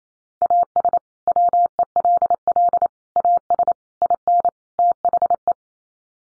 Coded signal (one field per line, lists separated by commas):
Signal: Morse code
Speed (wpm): 28 wpm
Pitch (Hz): 700 Hz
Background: none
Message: AS WELL AS IN THE